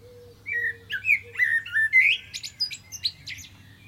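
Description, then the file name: Common blackbird song: warbled flute-like notes rising into a burst of high, sharp twitters, with a few faint low whistled notes in the background early on. "Turdus merula"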